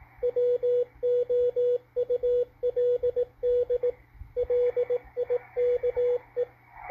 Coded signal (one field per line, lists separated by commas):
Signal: Morse code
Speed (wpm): 18 wpm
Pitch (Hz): 490 Hz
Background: radio noise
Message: WOULD LIKE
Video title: GEOMAG FORECAST W1AW DECODE ON MALACHITE DSP SDR RECEIVER 5-10-2021